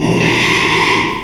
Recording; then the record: squeal of a Yucatan mini pig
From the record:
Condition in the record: after surgery on the right vocal fold (resection and tissue-engineered implant); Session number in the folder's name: 1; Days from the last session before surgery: 6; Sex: male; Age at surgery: 12 weeks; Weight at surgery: 13 kg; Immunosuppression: cyclosporine, prednisolone